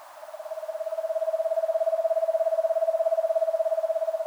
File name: Eastern Screech Owl Megascops asio